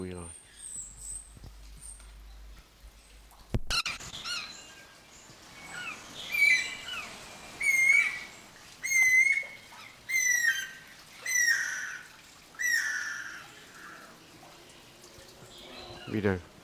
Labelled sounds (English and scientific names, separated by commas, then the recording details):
Guira Cuckoo (Guira guira)
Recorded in captivity
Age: adult
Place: Zoo Berlin, Berlin, DE
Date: 1992-05-09 10:34
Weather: wechselnd wolkig, böiger Wind, 10-12°C
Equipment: Nagra SN, Mikrofon AKG CK 8, Kopie Tesla B 116
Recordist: Tembrock, Günter